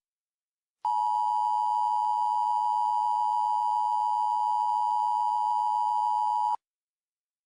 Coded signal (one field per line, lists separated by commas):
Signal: Emergency Alert System (SAME) tones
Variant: 853 and 960 Hz attention tone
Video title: EAS Mock 8: The Caesar Incident